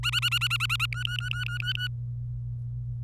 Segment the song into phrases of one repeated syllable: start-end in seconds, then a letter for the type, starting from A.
0.03-0.86 A, 0.92-1.88 B